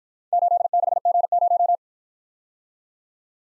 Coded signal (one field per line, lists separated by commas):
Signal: Morse code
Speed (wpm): 52 wpm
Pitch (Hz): 700 Hz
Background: none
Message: 86G0